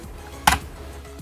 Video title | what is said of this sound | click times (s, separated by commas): New Polly Pocket Koala Purse Adventure Playset Australia Down Under 2020 / 2021 口袋芭比美泰波莉娃娃可以玩的外出包！ | the locking mechanism is only at the very top where it clicks into place so | 0.5 s